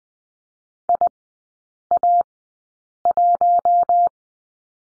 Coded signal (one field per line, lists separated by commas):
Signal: Morse code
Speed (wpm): 20 wpm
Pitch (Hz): 700 Hz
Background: none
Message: IA1